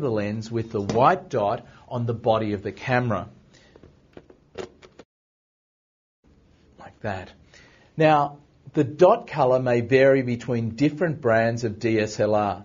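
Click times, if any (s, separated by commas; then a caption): none. Someone talks while the dot on an interchangeable lens is lined up with the white dot on a DSLR camera body's lens mount and the two are brought together, before pushing and twisting. Between about 3.5 and 5.0 s, in a pause in the talk, a few faint handling taps are heard. The lens has not clicked or seated yet.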